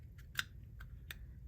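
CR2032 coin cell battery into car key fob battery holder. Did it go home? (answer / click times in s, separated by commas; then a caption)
yes / 0.4 s. A new CR2032 coin cell battery is pressed plus side up into the battery holder of a 2022–2023 Polestar 2 car key fob, a small plastic housing. A sharp snap at 0.4 seconds marks the battery seating, followed by two fainter ticks at about 0.8 and 1.1 seconds over a low background hum. The battery is seated.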